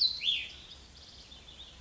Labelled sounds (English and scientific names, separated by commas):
Cassin's Vireo (Vireo cassinii)